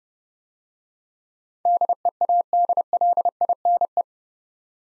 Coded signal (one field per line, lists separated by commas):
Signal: Morse code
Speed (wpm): 30 wpm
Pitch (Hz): 700 Hz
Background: none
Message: DEADLINE